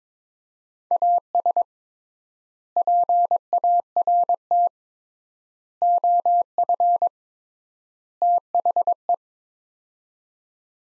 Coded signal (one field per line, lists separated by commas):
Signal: Morse code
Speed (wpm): 21 wpm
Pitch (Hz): 700 Hz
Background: none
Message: AS PART OF THE